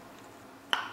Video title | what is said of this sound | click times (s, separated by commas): Figuring Out Why This Lockback Has Bladeplay After Being Abused... | riding on here and you hear that snap that snap is these pieces connecting | 0.7 s